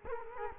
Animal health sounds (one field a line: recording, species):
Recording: mosquito wingbeat signal from an infrared sensor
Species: Culex quinquefasciatus